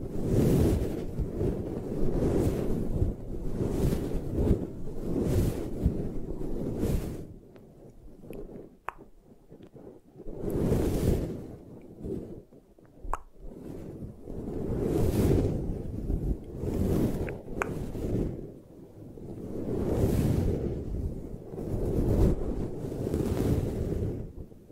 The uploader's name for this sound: 3D Eye Massage